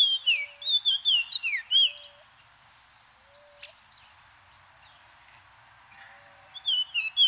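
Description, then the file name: Greater Antillean oriole song: a quick run of clear whistled notes, several sliding downward, for about two seconds, then a pause and a short whistled burst at the end. Cuba. "George Reynard & Orlando Garrido - Greater Antillean Oriole"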